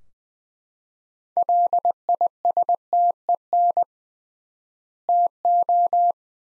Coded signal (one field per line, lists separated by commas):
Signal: Morse code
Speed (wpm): 20 wpm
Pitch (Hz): 700 Hz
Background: none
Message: LISTEN TO